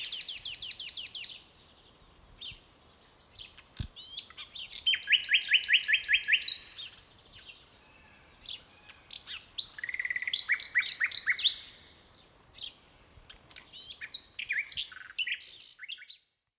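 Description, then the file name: Common nightingale singing in bursts: rapid repeated notes, buzzy trills and varied whistled phrases separated by short pauses, with quiet faint background noise. "Luscinia megarhynchos"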